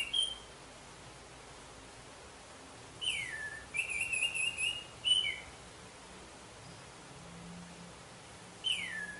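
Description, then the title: Orange-headed thrush giving sparse song phrases: a short whistle, a few seconds' silence, a twittering run, then a falling whistle at the end. "Anis Merah"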